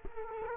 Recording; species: mosquito wingbeat signal from an infrared sensor; Culex quinquefasciatus